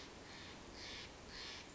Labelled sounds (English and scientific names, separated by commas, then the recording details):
Steller's Jay (Cyanocitta stelleri)
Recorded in Sonoma County, California